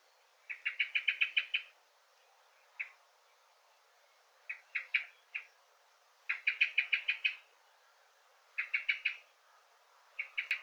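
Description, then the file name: Common blackbird calls: bursts of several quick, repeated clucking notes, separated by pauses and single scattered notes. "Turdus merula"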